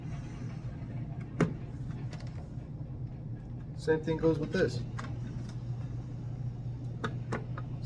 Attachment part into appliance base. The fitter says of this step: and you twist it till you hear a little click